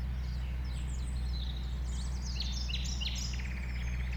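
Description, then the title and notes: Common nightingale song: quick rising whistles, then a series of sharp repeated notes, over a constant deep hum. Nightingale settled with a few others on the banks of a stream forming a pond, 1500 m from the A20 motorway; recorded around 8 am, Sunday 12 April. "Un Rossignol Envers Et Contre Tout. un rossignol venu avec quelques autres s'installer sur les rives d'un ruisseau formant un étang à 1500 mètres de l'A 20. Ces moments ont été enregistrés vers 8h le dimanche 12 avril"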